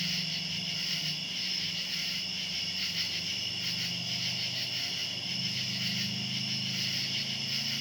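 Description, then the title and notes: Cicadas keep up a continuous shrill buzzing chorus with slight pulsing, over a low steady droning hum. Outdoors at night. "Ext. Cicadas, Night by Bandeto"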